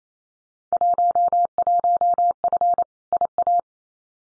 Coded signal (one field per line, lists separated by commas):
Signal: Morse code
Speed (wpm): 28 wpm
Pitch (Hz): 700 Hz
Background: none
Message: 11F IA